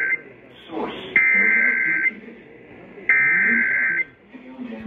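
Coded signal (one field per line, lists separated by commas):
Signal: Emergency Alert System (SAME) tones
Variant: header bursts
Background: speech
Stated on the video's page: EAS alerts, mostly Severe Thunderstorm and some Tornado Warnings, from a line of nighttime storms, with the weather radio transmitter under routine maintenance.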